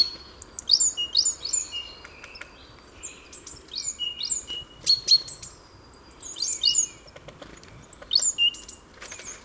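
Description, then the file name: Great tit calls: rapid clusters of thin, high, down-slurred chirps in short bursts, separated by brief pauses, over a faint steady background hiss. "Parus major"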